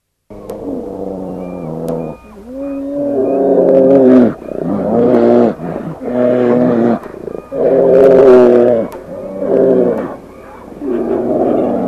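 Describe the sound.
Brown bear bawling loudly in a series of rich, harmonic, drawn-out calls with brief pauses between.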